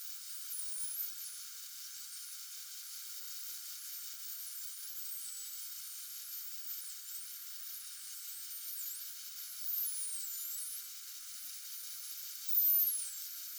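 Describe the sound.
Common dolphins giving high, sweeping whistles in scattered overlapping bursts, more frequent in the second half, against continuous hiss and occasional louder pulses.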